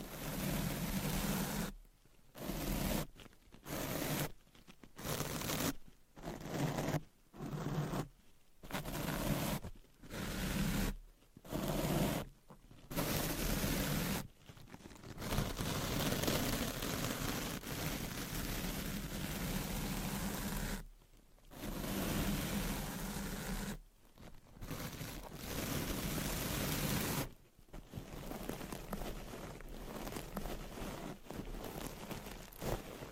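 Scratching and rubbing sounds come in dense, rough bursts, broken by short silent gaps at a steady rhythm for the first fifteen seconds. After that the scratching runs in longer continuous stretches, with only a few brief pauses near 21, 24 and 27 seconds.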